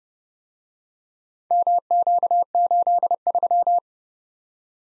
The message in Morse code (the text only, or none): MQ83